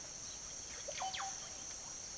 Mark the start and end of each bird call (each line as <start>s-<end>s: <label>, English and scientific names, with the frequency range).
0.47s-1.37s: Russet-backed Oropendola (Psarocolius angustifrons) (0.3-5.9 kHz)